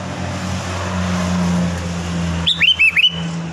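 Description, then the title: Sooty-headed bulbul delivering one quick phrase of four looping whistles after a couple of seconds of engine rumble. "Kutilang"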